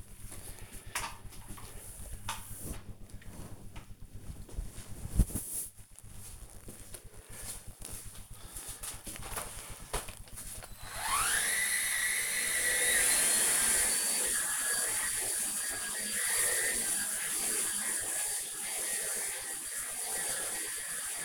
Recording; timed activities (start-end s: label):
household activities, microphone on the right wrist
9.45-21.25 s: vacuum cleaning